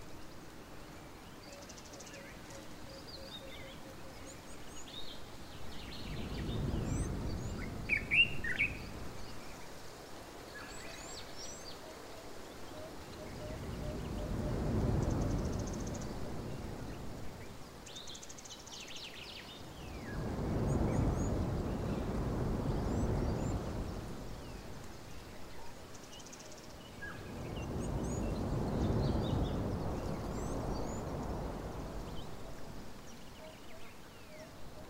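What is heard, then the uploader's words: Wind and birdsong in the African bush. Slow gusts swell and fade about every six seconds, around 7, 15, 21 and 30 seconds, beneath scattered short bird chirps and calls. A faint steady trill of insects or birds runs through the quieter gaps. Relaxing Sounds Of The African Bush. Birds, wind an other wildlife.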